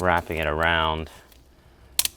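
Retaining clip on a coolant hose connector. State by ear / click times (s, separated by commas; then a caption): seated / 2.0 s. Someone talks as the larger spring retaining clip is wrapped around a coolant hose connector on a 2022-present Volkswagen Mk8 Golf R/GTI during a water pump and thermostat replacement. After a quiet pause, the clip snaps into place with a sharp, loud click at 2.0 s, followed by a smaller tick, and it is seated.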